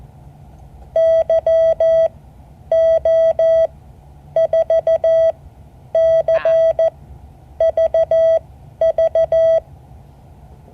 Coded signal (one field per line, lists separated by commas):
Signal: Morse code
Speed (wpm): 14 wpm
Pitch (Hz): 650 Hz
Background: none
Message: YO4CVV